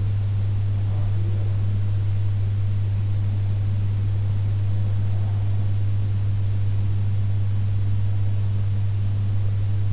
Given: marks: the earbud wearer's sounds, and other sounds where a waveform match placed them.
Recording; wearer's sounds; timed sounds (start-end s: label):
sounds in sleep by an in-ear microphone; breath
0.00-1.99 s: breath